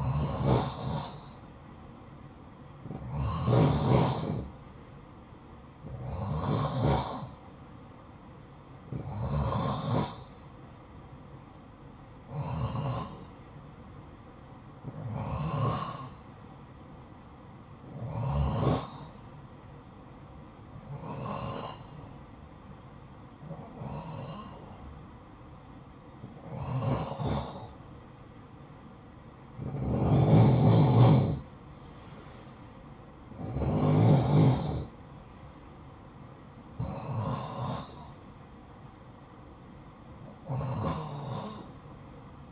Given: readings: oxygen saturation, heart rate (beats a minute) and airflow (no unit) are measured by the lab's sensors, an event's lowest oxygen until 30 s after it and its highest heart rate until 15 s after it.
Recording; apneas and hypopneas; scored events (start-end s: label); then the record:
breathing in sleep by a smartphone at the bedside; none
21.00-42.52 s: new sleep stage, N3 (deep sleep)
From the record:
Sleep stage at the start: N2 (light sleep); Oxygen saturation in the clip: 88 to 91%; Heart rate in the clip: 51 to 62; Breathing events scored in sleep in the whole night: 573 in 9.8 hours asleep